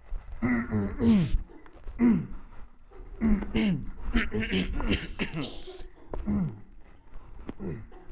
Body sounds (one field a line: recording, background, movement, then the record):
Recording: throat clearing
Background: a bystander coughing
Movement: walking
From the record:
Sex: male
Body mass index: 21.0 kg/m2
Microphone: on the chest, facing the body